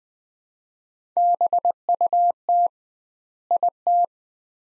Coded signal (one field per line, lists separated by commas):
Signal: Morse code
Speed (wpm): 20 wpm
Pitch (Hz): 700 Hz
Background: none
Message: BUT IT